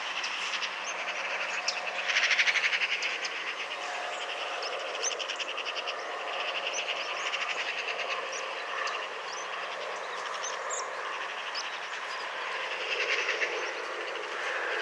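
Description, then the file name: Eurasian magpie giving a dry, rapid rattling chatter through most, with louder bursts near two and thirteen seconds. Faint thin high notes sit above it. "Pica pica"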